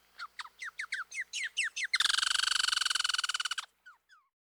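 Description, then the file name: Red squirrel calling: a series of quick downward-sliding chirps, then a loud, harsh rattling trill for nearly two seconds, and two final chirps. "dan-gibsons-solitudes red-squirrel"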